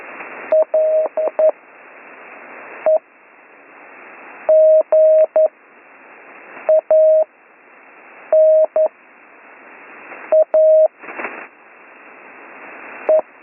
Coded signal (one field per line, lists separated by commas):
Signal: Morse code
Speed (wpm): 11 wpm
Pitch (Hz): 630 Hz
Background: none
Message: L E G A N A E